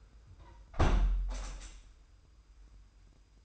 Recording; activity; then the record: daily activity, microphone in the room; close window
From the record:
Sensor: 2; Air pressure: 990.3 hPa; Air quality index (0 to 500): 195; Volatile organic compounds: 1000 ppm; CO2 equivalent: 6221 ppm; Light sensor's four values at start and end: 23/55/22/22 and 24/56/23/22